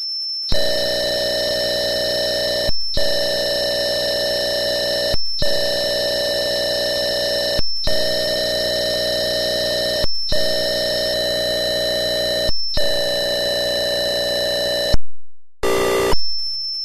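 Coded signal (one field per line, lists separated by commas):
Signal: computer data on cassette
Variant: Atari 8-bit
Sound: six buzzy high-pitched data blocks with brief silences, then a short burst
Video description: the little known Altirra Atari 8-bit (XL/XE) emulator can load programs from a either a CAS file (cassette data file) or an actual WAV sound file as in this video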